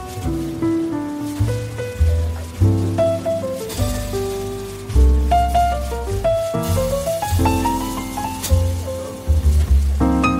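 Soft café music with a deep bass line changing every second or two, a rising melody midway, and a faint hiss underneath.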